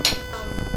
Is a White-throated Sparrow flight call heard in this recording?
no